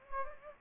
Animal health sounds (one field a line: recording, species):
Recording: mosquito wingbeat signal from an infrared sensor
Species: Anopheles gambiae